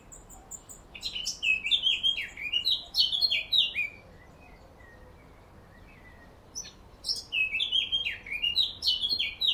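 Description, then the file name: Eurasian blackcap song: two bursts of rich, fast warbling phrases with descending notes, the first about three seconds long, then a quiet pause before the next burst. "Sylvia atricapilla"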